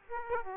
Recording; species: mosquito wingbeat signal from an infrared sensor; Aedes aegypti